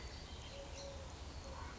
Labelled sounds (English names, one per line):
Eurasian Collared Dove